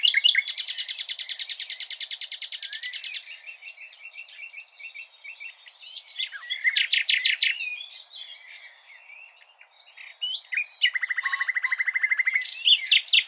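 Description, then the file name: Common nightingale song: a long, fast, loud rattle of repeated notes, a softer stuttering series, scattered chirps and quiet gaps, then another rapid repeated-note burst. "Luscinia megarhynchos"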